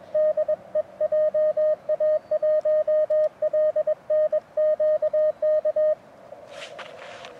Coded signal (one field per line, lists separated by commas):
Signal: Morse code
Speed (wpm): 20 wpm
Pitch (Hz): 610 Hz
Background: none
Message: DE JA1LNQ K